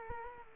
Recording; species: mosquito wingbeat signal from an infrared sensor; Culex quinquefasciatus